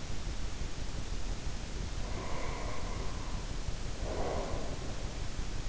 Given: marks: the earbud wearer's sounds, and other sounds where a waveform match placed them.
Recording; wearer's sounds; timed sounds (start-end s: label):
sounds in sleep by an in-ear microphone; breath
1.90-5.21 s: breath